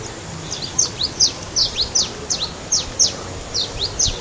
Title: LuckyPassaro Completos2Sama. Long-tailed Reed Finch (Donacospiza albifrons)